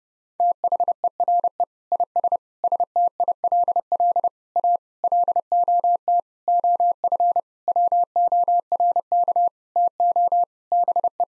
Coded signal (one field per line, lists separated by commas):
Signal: Morse code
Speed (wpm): 30 wpm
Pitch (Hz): 700 Hz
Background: none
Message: THERE IS STILL A LOT OF WORK TO BE